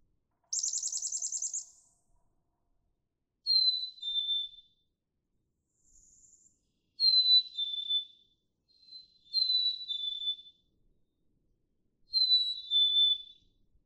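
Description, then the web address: Black-capped chickadee song: after a short buzzy high sound, four clear two-note whistled phrases, each dropping slightly in pitch, about every two to three seconds. "birdsongforthecurious songs Black-capped Chickadee"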